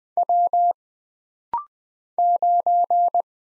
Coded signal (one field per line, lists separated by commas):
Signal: Morse code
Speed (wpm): 20 wpm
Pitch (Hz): 700 Hz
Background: none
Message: W 9